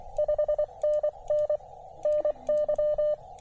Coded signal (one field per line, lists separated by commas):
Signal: Morse code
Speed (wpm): 24 wpm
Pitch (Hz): 590 Hz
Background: none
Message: 5NN NY